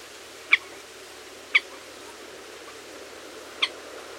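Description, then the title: Common moorhen giving three sharp, brief notes, the first two a second apart and the last after a longer gap. "Gallinella"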